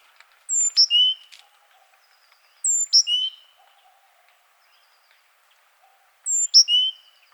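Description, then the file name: Great tit calling: three matching phrases, each a high falling whistle, a brief bright note and a lower drawn-out whistle, spaced about two to four seconds apart in quiet surroundings. "Parus major"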